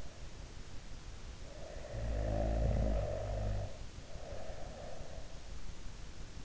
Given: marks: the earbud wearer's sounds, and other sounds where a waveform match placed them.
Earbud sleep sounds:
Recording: sounds in sleep by an in-ear microphone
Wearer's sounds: snoring breath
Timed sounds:
1.49-5.57 s: snoring breath

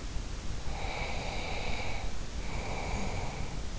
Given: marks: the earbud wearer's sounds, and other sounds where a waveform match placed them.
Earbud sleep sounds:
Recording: sounds in sleep by an in-ear microphone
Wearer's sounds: breath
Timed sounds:
0.60-3.72 s: breath

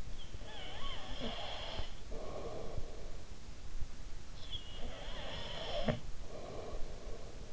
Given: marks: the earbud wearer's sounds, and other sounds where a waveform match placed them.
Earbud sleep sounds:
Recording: sounds in sleep by an in-ear microphone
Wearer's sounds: breath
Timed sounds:
0.10-3.54 s: breath
4.22-7.53 s: breath

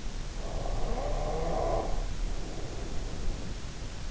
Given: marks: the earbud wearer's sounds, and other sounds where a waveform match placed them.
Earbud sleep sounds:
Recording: sounds in sleep by an in-ear microphone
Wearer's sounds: snoring breath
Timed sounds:
0.32-3.78 s: snoring breath

